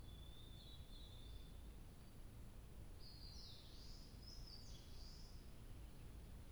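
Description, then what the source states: Bird song with a thin high whistle at the start, then a short burst of bright twittering phrases after a pause, over a steady low hum. 2 July 2023.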